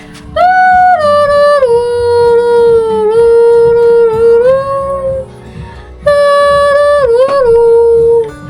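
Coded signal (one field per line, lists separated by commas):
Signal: whistled language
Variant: Kongthong jingrwai iawbei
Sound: two sustained hummed melodic phrases with gently stepping, sliding pitch, separated by a short pause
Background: small room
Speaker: Your name is very beautiful and it sounded very nice.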